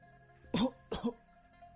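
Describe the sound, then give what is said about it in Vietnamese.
Two short, dry coughs in quick succession, each a sharp, harsh burst of breath, standing alone against a quiet background. “Một tiếng ho khan thình lình vang lên, khiến cho nàng bừng tỉnh.”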